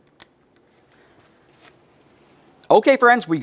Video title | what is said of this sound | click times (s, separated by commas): How To Replace Upstream O2 Sensor 2009-2010 Pontiac Vibe 2.4L | put the clip into place and lock it in | 0.2 s